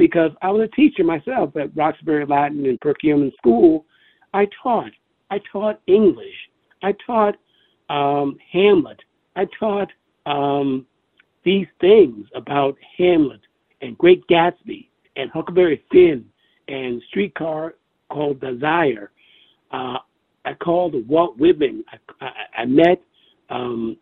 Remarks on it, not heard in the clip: As I talk, I fumble myself. With aphasia, I have every exact or point word I want to say, but I open my mouth and I fumble, jumble, do everything.